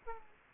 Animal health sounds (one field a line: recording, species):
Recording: mosquito wingbeat signal from an infrared sensor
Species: Aedes aegypti